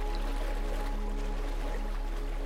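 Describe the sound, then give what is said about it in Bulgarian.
A continuous wash of ocean waves, a steady hiss of moving water layered over a low, sustained droning hum, with no voices. “успокояване на нервната система и отпускане с океанските вълни”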